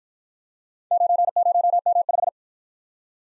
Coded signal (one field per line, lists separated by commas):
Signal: Morse code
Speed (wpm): 53 wpm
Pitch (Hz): 700 Hz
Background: none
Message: 90M5